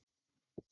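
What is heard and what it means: A new 12v smart TV is hung on its standard wall mount in an RV, and the mount's latch clicks into place. Against near silence there is one sharp, low-pitched click at 0.6 s, with faint soft rustles before and after. The latch is seated and the TV is secure on its bracket.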